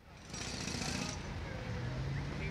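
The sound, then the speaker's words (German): Construction site of an extension building for Meier Feinkost in Hagenfelde, with a jackhammer: a steady, loud mechanical din, a harsh high-pitched hammering burst early on, and a low engine drone running underneath throughout. “Ich habe inzwischen erfahren, dass es sich bei der Baustelle, auf der dieser Dieter gearbeitet haben soll, um einen Erweiterungsbau Meier Feinkost in Hagenfelde handelt.”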